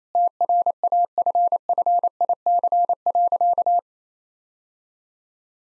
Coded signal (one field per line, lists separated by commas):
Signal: Morse code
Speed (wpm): 28 wpm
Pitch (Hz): 700 Hz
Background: none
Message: TRAFFIC.